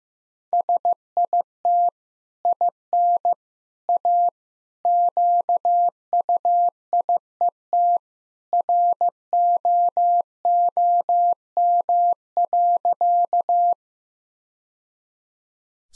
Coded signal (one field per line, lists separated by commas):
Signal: Morse code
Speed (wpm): 15 wpm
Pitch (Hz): 700 Hz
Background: none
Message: SIT IN A QUIET ROOM.